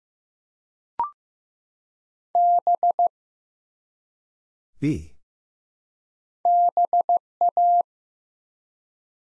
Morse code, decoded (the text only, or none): B BA